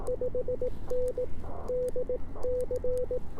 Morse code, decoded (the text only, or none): 5N DC